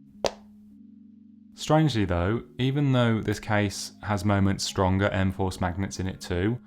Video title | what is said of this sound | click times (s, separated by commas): MagSafe Tripod Mount - Unboxing & First Impressions | and it has a really nice snap sound to it too. | 0.3 s